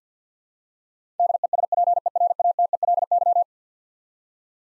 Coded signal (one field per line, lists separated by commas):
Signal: Morse code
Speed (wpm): 50 wpm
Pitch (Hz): 700 Hz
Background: none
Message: DESPERATELY